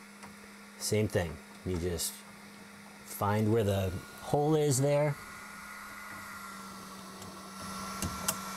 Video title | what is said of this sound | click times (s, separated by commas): Flashforge Adventurer 3 Pro | and it snaps right into place and you're done | 8.0 s, 8.3 s